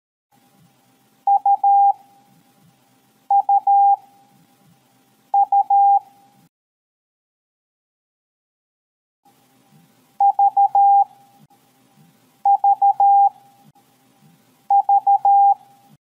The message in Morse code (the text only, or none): UUU VVV